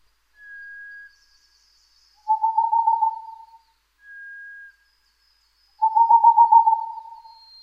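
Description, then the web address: Boreal owl: a thin, higher, steady whistled tone followed by a rapid run of lower hollow hoots, the pattern given twice. "kinmefukurou"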